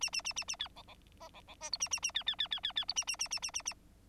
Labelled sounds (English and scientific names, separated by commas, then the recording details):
Bengalese Finch (Lonchura striata domestica) song
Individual Bird9